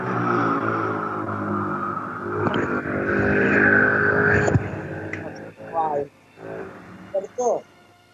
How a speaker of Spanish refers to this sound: Tapé el micrófono porque Pasó una moto por casa. Ah, una moto. Pero... desde acá te digo que se escucha como si fuera un camión o un ómnibus de larga distancia.